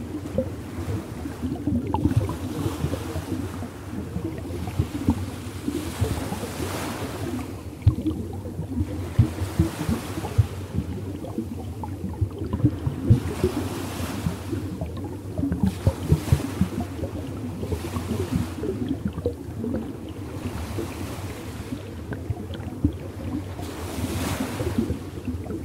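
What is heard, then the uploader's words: Underwater ocean sound, a dense, steady low rumble with a constant churning murmur. Every few seconds a soft, brighter hiss swells and fades, like surges of water passing overhead, while faint clicks and bubbly crackles flicker throughout. Ocean Sound. Natural soothing underwater sounds.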